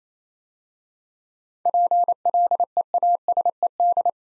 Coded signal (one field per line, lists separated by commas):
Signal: Morse code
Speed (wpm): 27 wpm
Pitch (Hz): 700 Hz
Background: none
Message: PLEASED